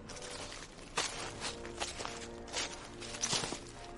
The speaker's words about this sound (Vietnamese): Là tiếng sột soạt từ tất cả các vị trí. Là tiếng bước chân giỏ dẫm vang lên không ngừng.